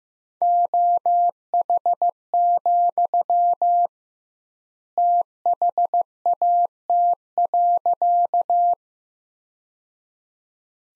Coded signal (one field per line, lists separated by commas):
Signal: Morse code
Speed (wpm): 15 wpm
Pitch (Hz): 700 Hz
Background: none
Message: OH, THAT.